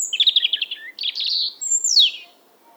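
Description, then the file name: European robin singing a high, rapid phrase: a run of trilled notes, then a buzzy segment and a thin descending whistle. "Erithacus rubecula"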